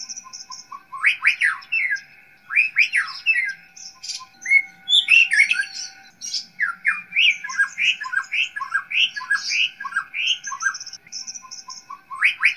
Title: murai batu